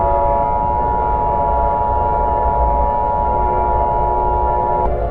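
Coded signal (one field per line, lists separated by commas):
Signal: Emergency Alert System (SAME) tones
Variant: 853 and 960 Hz attention tone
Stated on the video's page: Fictional animated EAS scenario about killer scorpions.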